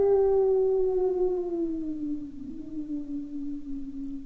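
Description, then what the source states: Dog howl, a single drawn-out harmonic tone gliding gently downward and fading slightly. Very large black-furred dog.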